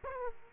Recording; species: mosquito wingbeat signal from an infrared sensor; Aedes aegypti